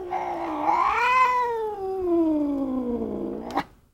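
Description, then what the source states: Cat giving a long, drawn-out angry yowl that swells upward, then slowly sinks in pitch over about two seconds, ending with a sharp click. Extremely angry, long meow.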